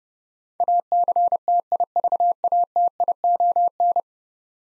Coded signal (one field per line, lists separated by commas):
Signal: Morse code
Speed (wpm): 30 wpm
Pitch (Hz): 700 Hz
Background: none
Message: ACTIVATION